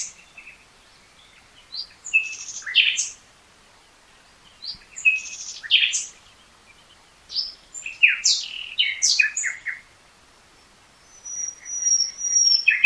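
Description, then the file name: Common nightingale singing separate short phrases of sharp chirps and rattles, separated by silent pauses of a second or two. "Luscinia megarhynchos"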